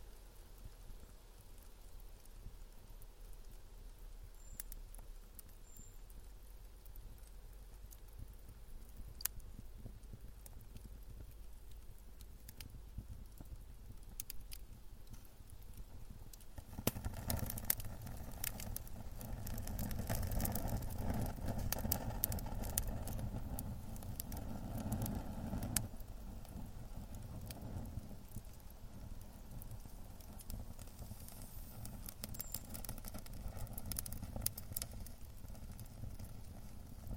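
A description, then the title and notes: A fire burns with a steady low rumble and soft hiss, scattered with sharp cracks and pops. Around seventeen seconds it swells into a denser, louder roar full of crackling, holding until about twenty-eight seconds before easing back to a quieter burn. Fire Soundscapes from Around the World.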